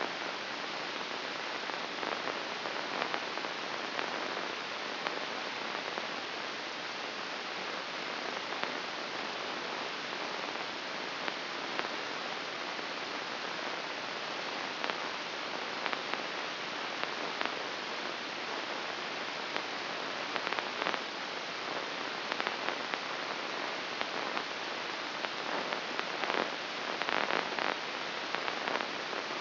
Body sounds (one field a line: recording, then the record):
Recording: brain microelectrode recording played as sound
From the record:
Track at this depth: inside the subthalamic nucleus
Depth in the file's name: 2.546 mm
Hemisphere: right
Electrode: 2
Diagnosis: Parkinson's disease